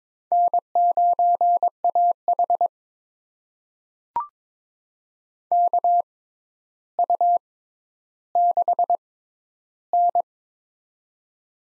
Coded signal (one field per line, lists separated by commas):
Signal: Morse code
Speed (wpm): 21 wpm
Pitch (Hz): 700 Hz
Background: none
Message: N9AH KU6N